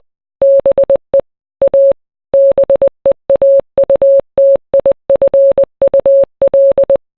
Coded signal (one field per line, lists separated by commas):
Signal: Morse code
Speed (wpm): 20 wpm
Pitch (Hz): 550 Hz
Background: none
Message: BE A BEAUTIFUL